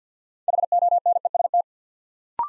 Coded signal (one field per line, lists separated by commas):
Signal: Morse code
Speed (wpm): 49 wpm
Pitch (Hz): 700 Hz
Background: none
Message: HONEST